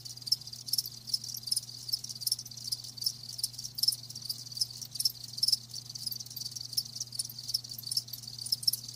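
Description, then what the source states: Crickets give a thin, continuous high chirping with faint pulses standing out now and then, over a steady low hum. Live crickets chirping with a lulling song.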